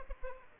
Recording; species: mosquito wingbeat signal from an infrared sensor; Aedes aegypti